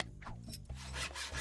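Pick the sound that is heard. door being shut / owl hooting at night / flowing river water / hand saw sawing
hand saw sawing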